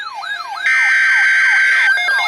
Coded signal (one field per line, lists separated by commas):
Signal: Emergency Alert System (SAME) tones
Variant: header bursts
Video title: Severe Thunderstorm Watch - 07/28/23 (EAS #2,798)